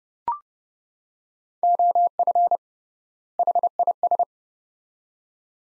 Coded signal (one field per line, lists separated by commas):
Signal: Morse code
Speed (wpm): 30 wpm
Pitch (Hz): 700 Hz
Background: none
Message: OF HIS